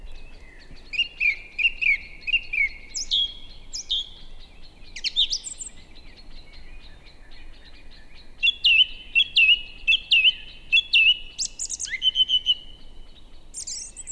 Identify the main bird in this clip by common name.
Song Thrush